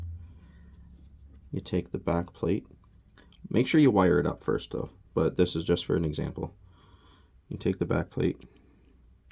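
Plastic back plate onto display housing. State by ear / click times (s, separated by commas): not seated / none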